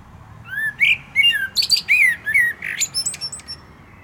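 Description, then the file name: Common blackbird singing a rich, low warbled phrase of slurred whistles that turns into a thin, high, scratchy twitter. "Turdus merula"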